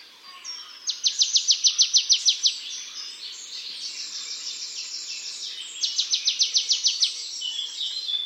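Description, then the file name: Marsh tit calling, a rapid rattle of high clipped notes lasting over a second, then another shorter burst a few seconds later, against steady background noise. "Poecile palustris"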